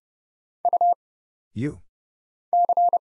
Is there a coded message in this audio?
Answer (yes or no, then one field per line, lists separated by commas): yes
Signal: Morse code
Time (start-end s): 0.7-3.0 s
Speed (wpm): 30 wpm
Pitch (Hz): 700 Hz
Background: none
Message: U C